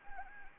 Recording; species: mosquito wingbeat signal from an infrared sensor; Anopheles gambiae